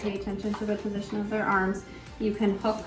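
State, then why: Not seated. A patient sling clip is being brought to a Maxi Lift patient lift's spreader bar while someone talks over background music. The sling is handled but not yet hooked on, and nothing has seated or clicked yet.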